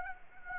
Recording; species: mosquito wingbeat signal from an infrared sensor; Anopheles gambiae